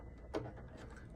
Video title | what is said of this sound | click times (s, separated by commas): Gryphon Essence Preamplifier ZENA DAC Module Upgrade | nice snap right in here | 0.3 s